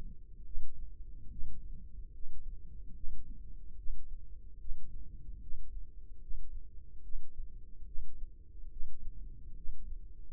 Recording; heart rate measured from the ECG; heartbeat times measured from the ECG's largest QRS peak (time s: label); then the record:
heart sounds by microphone in the left ear; 72 bpm
0.46 s: heartbeat
1.31 s: heartbeat
2.14 s: heartbeat
2.96 s: heartbeat
3.78 s: heartbeat
4.60 s: heartbeat
5.42 s: heartbeat
6.22 s: heartbeat
7.04 s: heartbeat
7.87 s: heartbeat
8.72 s: heartbeat
9.57 s: heartbeat
From the record:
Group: healthy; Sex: male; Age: 55 years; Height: 167 cm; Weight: 57.2 kg